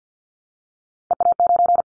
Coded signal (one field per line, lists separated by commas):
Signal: Morse code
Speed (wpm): 50 wpm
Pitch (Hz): 700 Hz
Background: none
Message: EA9